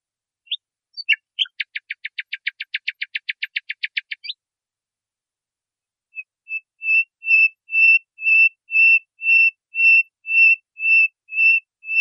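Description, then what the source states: Nightingale song: a fast, even rattling trill for about three seconds, a pause, then loud whistled notes repeated about twice a second, swelling in volume. Masteran: a training recording played to cage birds so they learn the song.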